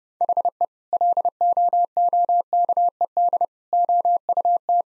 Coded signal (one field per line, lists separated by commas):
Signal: Morse code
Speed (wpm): 30 wpm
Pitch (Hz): 700 Hz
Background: none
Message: HE LOOKED OUT